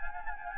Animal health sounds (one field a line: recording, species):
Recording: mosquito wingbeat signal from an infrared sensor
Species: Anopheles gambiae